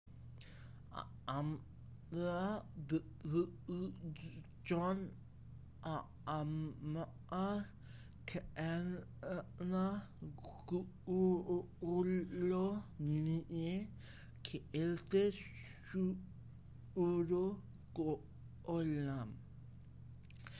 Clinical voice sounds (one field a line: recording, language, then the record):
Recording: elicited speech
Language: Bengali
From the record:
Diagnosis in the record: Broca's or global aphasia after a stroke